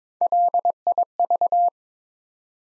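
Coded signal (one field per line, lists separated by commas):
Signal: Morse code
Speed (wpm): 22 wpm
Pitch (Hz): 700 Hz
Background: none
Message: LIV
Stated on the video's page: Build-a-word practice drill at 22 wpm, copying 6-letter words three letters at a time to build instant character recognition.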